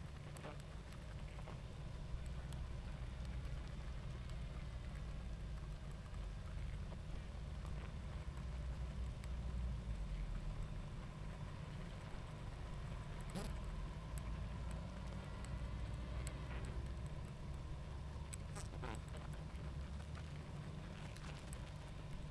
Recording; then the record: honeybee colony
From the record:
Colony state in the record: active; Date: 28 July 2017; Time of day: 20:58